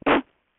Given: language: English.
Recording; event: throat vibration sensor signal played as sound; cough